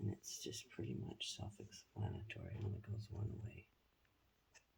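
A plastic insulin cartridge is being handled for insertion into a t:slim insulin pump body while someone talks for most of the clip, followed by near silence. Nothing has seated or clicked yet.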